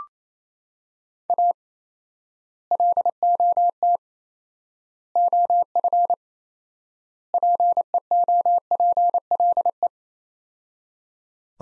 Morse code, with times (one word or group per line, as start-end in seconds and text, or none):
1.3-1.5 A
2.7-4.0 LOT
5.2-6.1 OF
7.3-9.9 PEOPLE